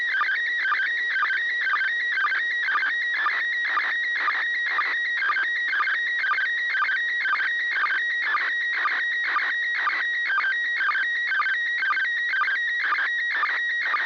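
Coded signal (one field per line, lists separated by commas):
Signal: SSTV (slow-scan television)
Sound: warbling whistle tones shifting pitch, with short low sync blips about twice per second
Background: radio static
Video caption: First Image Transmission Begin Resulting Image Beginning of a Second Image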